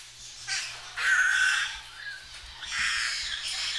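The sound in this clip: Bird giving a few harsh, hoarse calls separated by short quiet gaps.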